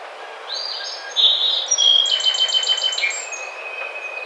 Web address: Song Sparrow 2009 05 21 Song Sparrow